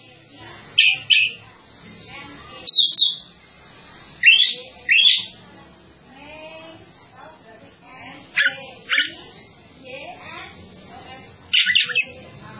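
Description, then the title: Java sparrow giving sharp, high chip notes in scattered pairs, some louder and ringing, separated by softer, fainter twitters. "kicau gelatik"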